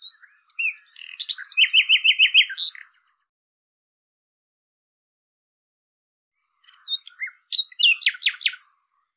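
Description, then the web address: Common nightingale song in two bursts, varied chirps leading into a fast run of repeated loud rhythmic notes, then a pause and another phrase of sharp repeated notes. "cianscape birddata Deverinetal 2025"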